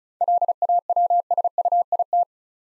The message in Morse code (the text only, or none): LAWSUIT